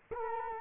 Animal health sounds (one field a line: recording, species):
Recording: mosquito wingbeat signal from an infrared sensor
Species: Culex quinquefasciatus